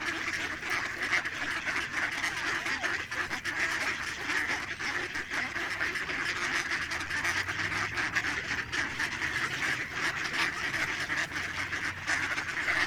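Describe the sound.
Ducks calling together in a thick, busy flock chorus, raspy quacks overlapping without pause from start to end.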